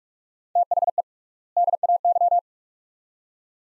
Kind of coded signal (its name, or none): Morse code